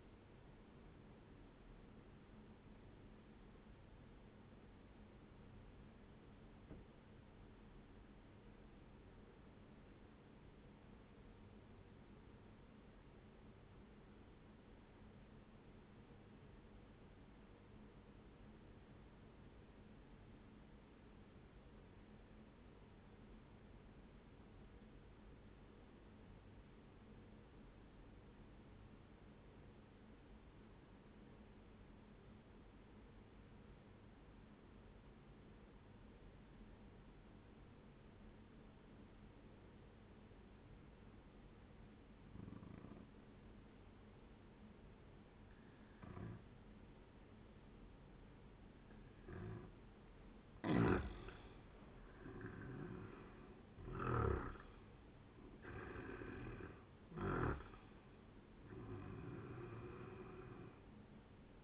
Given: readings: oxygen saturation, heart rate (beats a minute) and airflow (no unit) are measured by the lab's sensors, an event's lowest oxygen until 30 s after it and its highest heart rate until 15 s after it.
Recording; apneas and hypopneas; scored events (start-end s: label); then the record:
breathing in sleep by a voice recorder at the bedside; 1
3.00-50.50 s: obstructive apnea (N1, oxygen 98% highest, then 90% lowest, heart rate 66 at the start, 78 highest)
13.00-43.00 s: new sleep stage, N2 (light sleep)
43.00-61.64 s: new sleep stage, N1 (lightest sleep)
From the record:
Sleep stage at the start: N1 (lightest sleep); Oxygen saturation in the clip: 90 to 98%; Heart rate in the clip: 58 to 78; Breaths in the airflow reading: 4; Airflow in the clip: -10.6 to 12.9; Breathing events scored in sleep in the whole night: 131 in 7.2 hours asleep